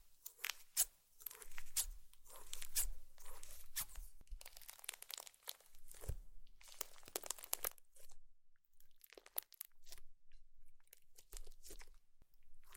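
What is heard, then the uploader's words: Slime being squished and pressed, with dense crackling and popping pops running almost without pause for the first eight seconds. After that the sound thins out into quieter, scattered clicks and squelches with short silent gaps, and a soft low thump near six seconds. ASMR Slime - SO Satisfying - ( No Talking).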